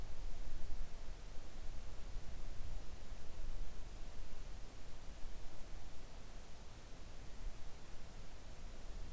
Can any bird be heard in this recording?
no